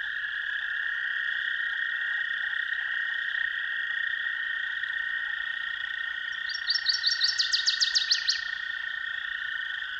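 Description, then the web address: Northern waterthrush singing one emphatic phrase of rapid, bright chips that speed up and drop in pitch, heard over a continuous droning background. "Dan Gibson's Solitudes Songbirds Northern Waterthrush"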